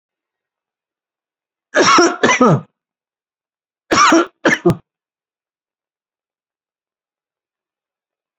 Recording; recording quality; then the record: heavy voluntary cough; excellent, no background noise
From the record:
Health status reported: recovered from COVID-19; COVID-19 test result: positive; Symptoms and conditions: cough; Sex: male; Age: 49 years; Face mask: worn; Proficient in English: yes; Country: India